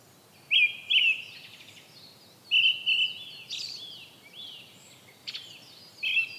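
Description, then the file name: Brown-headed thrush gives whistled two-note phrases with short pauses, with fainter high notes between. "akahara"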